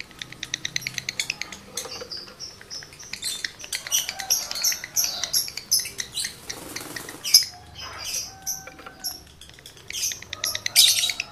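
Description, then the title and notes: Lovebird song, a busy stream of high twittering chirps, rapid ticks and sharp squeaks, with louder shrill bursts toward the end. Male lovebird in breeding condition; its song is used to stimulate other lovebirds to sing. "Birahi Lovebird Jantan ke Gacor. Pancingan Suara Lovebird jantan birahi"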